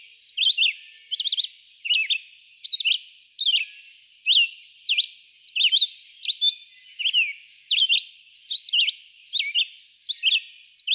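Red-eyed vireo delivering a long sequence of short whistled phrases, each rising or falling, spaced by short pauses.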